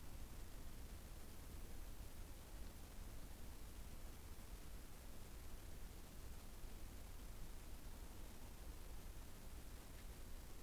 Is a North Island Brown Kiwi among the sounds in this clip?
no